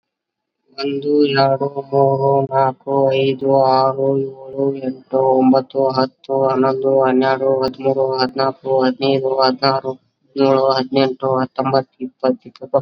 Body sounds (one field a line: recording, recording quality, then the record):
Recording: counting at a normal pace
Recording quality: excellent, no background noise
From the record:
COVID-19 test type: RT-PCR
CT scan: not taken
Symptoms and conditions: none ticked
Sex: male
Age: 21 years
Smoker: no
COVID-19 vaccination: both doses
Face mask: worn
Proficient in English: yes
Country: India